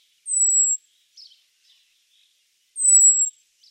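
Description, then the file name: Common blackbird high, thin drawn-out whistle, slightly descending, heard twice with faint chips in between. "Turdus merula"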